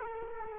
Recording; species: mosquito wingbeat signal from an infrared sensor; Culex quinquefasciatus